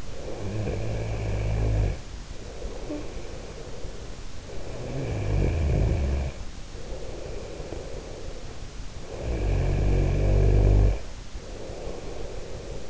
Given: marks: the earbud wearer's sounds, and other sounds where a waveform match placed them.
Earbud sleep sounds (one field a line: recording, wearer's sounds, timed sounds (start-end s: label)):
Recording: sounds in sleep by an in-ear microphone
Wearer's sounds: snoring breath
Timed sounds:
0.00-12.90 s: snoring breath